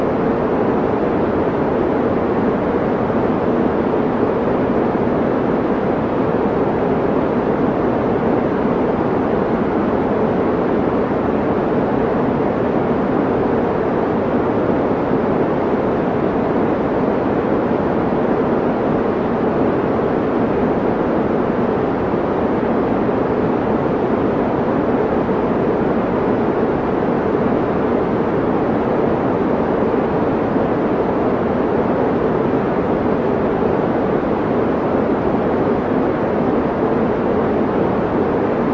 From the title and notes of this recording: White Noise with an Emphasis on Mid Range 432 Hz. No loops or fades.